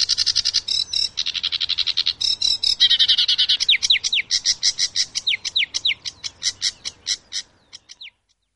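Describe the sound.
Sedge warbler song opening with rapid scratchy buzzing trills, then a run of clear downslurred whistled notes and chattering phrases, fading out after about eight seconds.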